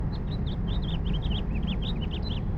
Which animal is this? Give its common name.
House Finch